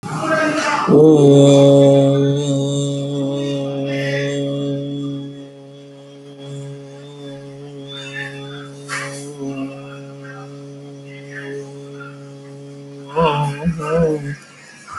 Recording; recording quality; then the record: sustained vowel as in boot; excellent, no background noise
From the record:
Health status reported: healthy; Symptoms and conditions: none ticked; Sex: male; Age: 31 years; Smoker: not ticked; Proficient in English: yes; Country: India